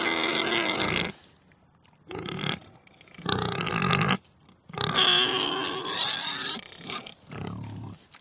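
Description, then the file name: Pig screaming in loud, harsh squeals of varying length, separated by short silences, with a lower, wavering cry at the end. "audio hero Pig"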